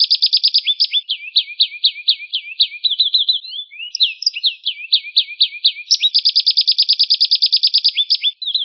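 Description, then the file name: Atlantic canary singing continuously, shifting between rolling chirped phrases and rapid rattling trills, with short tours changing every second or two. A family of canaries. "keluarga kenari"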